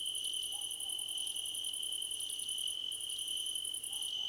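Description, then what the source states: Crickets trilling continuously, with a long run of rapid pulses, a short break, then more pulsing; faint soft lower notes appear briefly. Crickets in a choir competition.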